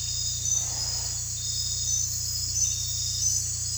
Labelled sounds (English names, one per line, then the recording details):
none
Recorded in dense forest near Puerto Asís, Putumayo, Colombia, on 18 December 2024 at 00:00
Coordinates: 0.467, -76.328
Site GP05